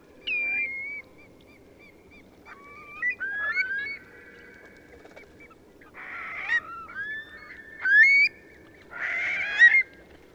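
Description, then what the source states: Eurasian curlew calls: several clear, level and rising whistles mixed with harsh, buzzy bursts, the loudest near the end. A flock of Eurasian curlews taking off.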